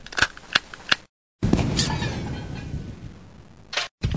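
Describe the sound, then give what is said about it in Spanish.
Three sharp, cracking gunshots fire in quick succession, then a longer burst with a rumbling, echoing tail, followed by two more abrupt bangs at the end. “Los disparos en Parte del Aire para los grupos ultracatólicos y para el gobernador de Río de Janeiro.”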